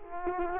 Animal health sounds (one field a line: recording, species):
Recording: mosquito wingbeat signal from an infrared sensor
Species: Culex quinquefasciatus